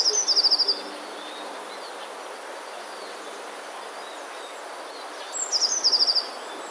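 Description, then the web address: Eurasian blue tit song: two high phrases, each a couple of thin notes and then a fast buzzy trill, about five seconds apart, over steady background hiss. "wroblowe teka spiew. wroblowe teka modraszkoteka"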